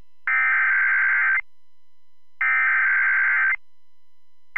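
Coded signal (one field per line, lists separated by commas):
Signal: Emergency Alert System (SAME) tones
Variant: header bursts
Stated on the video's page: Real EAS alerts personally captured during the December tornado outbreak affecting the New Orleans metro.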